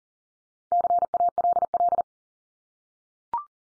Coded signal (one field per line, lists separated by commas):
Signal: Morse code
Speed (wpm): 38 wpm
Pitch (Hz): 700 Hz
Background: none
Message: CALL